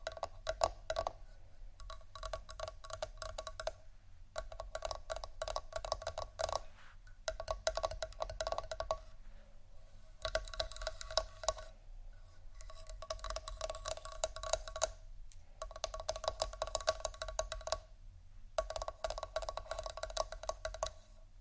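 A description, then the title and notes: ASMR scratching and tapping: dense bursts of fine scratchy ticks in clusters of a few seconds, separated by short pauses, over a faint low hum. ASMR Scratch & Tap For Your Nap（No Talking）.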